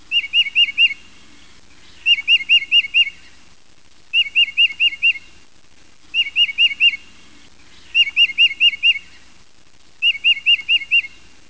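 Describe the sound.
Tufted titmouse giving clear whistled phrases of about five quick, wavering notes, repeated roughly every two seconds, six phrases in all.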